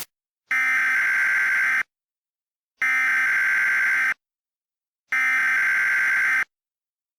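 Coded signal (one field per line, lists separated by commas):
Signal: Emergency Alert System (SAME) tones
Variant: header bursts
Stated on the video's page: Mock, not real, EAS alert.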